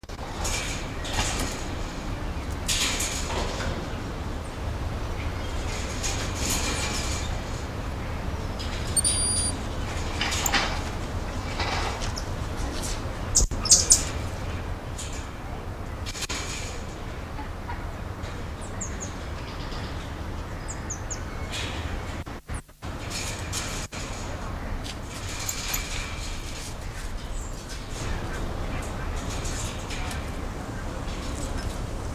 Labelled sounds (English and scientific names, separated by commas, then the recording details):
Goeldi's Marmoset (Callimico goeldii) call
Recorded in captivity
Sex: group
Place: Zoo Münster, Nordrhein-Westfalen, DE
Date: 1991-09-24 16:08
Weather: schwül, 22-24°C
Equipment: Marantz CP 430, Sennheiser ME 80, K 30 AV, Kopie Tesla B 116
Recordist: Tembrock, Günter